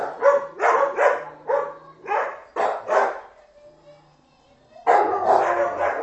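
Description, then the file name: Dog giving a run of quick barks, a quiet gap with a faint whine, then a longer rough bark to finish. "Hunde Bellen"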